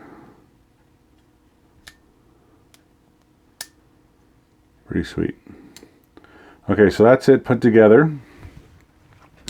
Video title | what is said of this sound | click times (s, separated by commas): Dillon XL650 Primer Stop Switch | snapped in place and then | 9.5 s